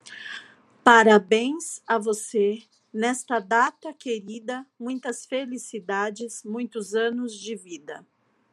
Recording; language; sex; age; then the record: short text; Brazilian Portuguese; female; 40 to 49 years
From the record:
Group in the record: control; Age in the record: 47 years